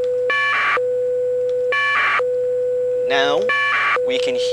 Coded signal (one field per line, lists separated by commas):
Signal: packet radio (AX.25, as in APRS)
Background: speech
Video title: Foxx - Digital Radio TNC Kit